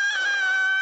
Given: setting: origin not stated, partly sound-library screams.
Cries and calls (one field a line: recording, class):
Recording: one-second piece from a danger detection set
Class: woman in danger